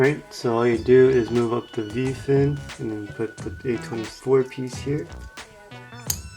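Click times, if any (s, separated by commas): 6.1 s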